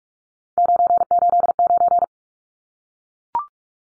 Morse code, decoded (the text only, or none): 989